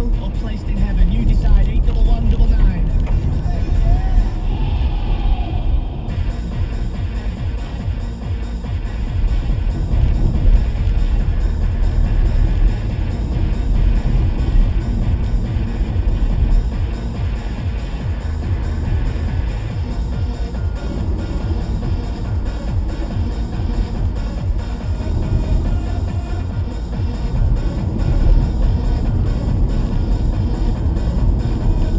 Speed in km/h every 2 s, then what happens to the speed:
44, 48, 47, 48, 50, 53, 56, 60, 61, 63, 63, 60, 61, 61, 61, 63.
0-15 speeds up to 61. 15-32 steady at about 61.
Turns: none.